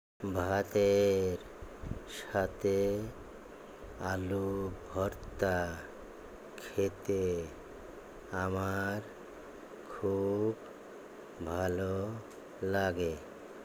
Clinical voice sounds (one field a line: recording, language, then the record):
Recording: elicited speech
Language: Bengali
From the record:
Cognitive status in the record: dementia